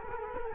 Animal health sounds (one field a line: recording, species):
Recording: mosquito wingbeat signal from an infrared sensor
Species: Culex quinquefasciatus